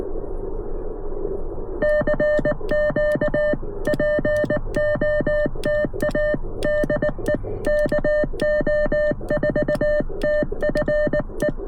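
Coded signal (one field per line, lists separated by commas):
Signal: Morse code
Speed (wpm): 19 wpm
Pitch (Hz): 600 Hz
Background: music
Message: CQ POTA DE KO4TFE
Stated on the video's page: POTA park activation, QRP CW from a car with CFT1 QRP transceiver, Palm Pico Paddle, 17-foot whip antenna; includes a QRP-to-QRP contact.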